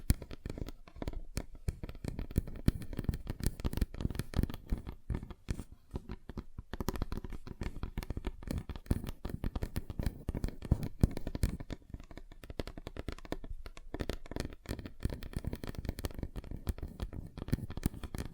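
Fingers tap rapidly on a tabletop in dense, uneven bursts of dull, low clicks, with a few brief pauses near seven and fourteen seconds.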